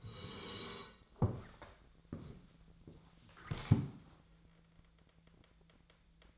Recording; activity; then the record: daily activity, microphone in the room; sit down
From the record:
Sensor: 3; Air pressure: 1000.5 hPa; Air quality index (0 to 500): 168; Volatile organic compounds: 3 ppm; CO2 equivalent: 1462 ppm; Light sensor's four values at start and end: 15/35/15/16 and 15/35/15/15